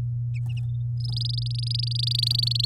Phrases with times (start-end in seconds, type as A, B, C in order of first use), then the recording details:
1.00-2.65 A. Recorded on 9 May 2018 at 08:50. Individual llb16